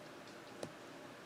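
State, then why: Seated. A blue ink cartridge is pressed onto the section of a second Zenzoi fountain pen. Against a quiet, steady background, a single short, sharp snap is heard at 0.6 s. The snap means the cartridge has seated.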